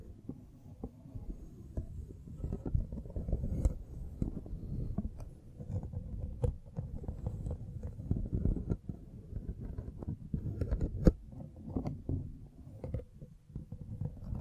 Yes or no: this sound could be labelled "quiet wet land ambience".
no